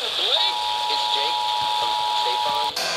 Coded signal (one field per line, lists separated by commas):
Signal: Emergency Alert System (SAME) tones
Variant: 853 and 960 Hz attention tone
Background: speech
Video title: DC Monthly May 2022, North Anna Q2 2022 RMT, and a perfectly timed hint of Sterling(EAS 2,619-2,659)